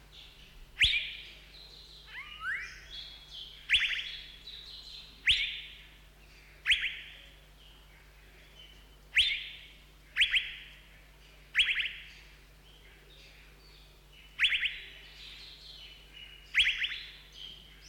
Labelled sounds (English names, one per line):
Asian Fairy-bluebird